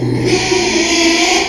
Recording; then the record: squeal of a Yucatan mini pig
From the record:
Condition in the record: after surgery on the right vocal fold (resection and tissue-engineered implant); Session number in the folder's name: 2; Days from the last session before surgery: 13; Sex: male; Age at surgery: 12 weeks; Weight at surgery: 13 kg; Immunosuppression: cyclosporine, prednisolone